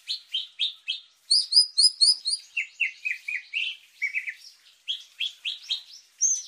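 Horsfield's bushlark singing a varied, quick, continuous string of sharp chirps and short whistled notes.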